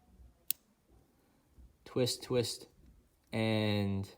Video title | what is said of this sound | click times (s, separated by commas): Pilot Hi-Tecpoint Vintage Executive Pen Review | then you turn it back you hear it unlock | 0.5 s